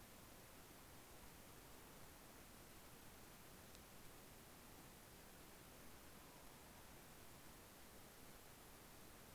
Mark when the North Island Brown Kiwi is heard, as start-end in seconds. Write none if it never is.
none